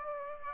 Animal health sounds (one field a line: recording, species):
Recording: mosquito wingbeat signal from an infrared sensor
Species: Aedes aegypti